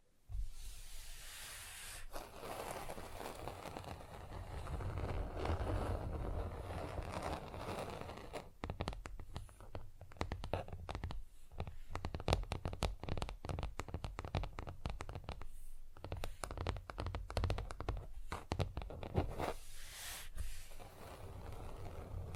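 Fast, rough nail filing rasps continuously, with dense gritty strokes and quick choppy bursts after eight seconds, over a low rumbling undertone.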